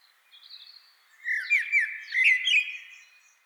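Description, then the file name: Common blackbird delivering a short, mellow warbled phrase with slurred whistles and scratchy, high-pitched twittering, after a faint thin note. "Turdus merula"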